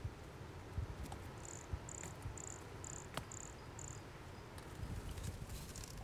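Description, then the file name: Brachycephalus sulfuratus call: a series of six short, very high-pitched notes, roughly one every half second, over a low rumbling background. Recorded near Jurupara dam on 29 September 2016; the animal was not collected. "Brachycephalus sulfuratus near Jurupara dam not collected 29 set 2016 MRBornschein"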